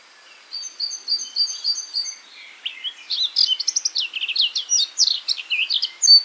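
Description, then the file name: Eurasian blackcap song: a string of high, evenly spaced notes, then a fast, scratchy, jumbled warble of varied chirps. "Sylvia atricapilla"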